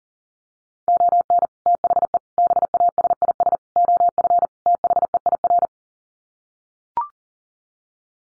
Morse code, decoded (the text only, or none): ON THE BASIS OF THEIR